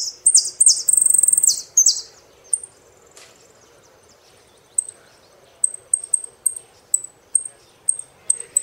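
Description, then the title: Saffron finch song: a loud buzzy trilled phrase at the start, followed by a series of short high chirps. "Jilguero Argentino"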